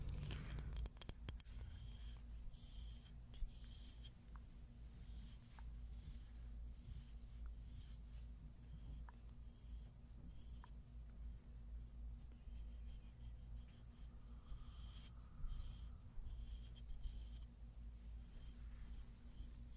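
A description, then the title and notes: Soft scrubbing and brushing strokes repeat in short bursts over a steady low hum, with a flurry of crisp clicks and taps in the opening seconds. Faint high whistling tones come and go, and a slightly louder brushing pass lands around fifteen seconds. Scrubbing + face massage+ haircut roleplay.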